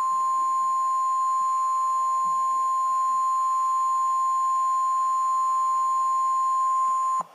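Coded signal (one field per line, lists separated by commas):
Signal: Emergency Alert System (SAME) tones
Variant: 1050 Hz attention tone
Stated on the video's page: Real EAS tornado warning interrupting a TV programme.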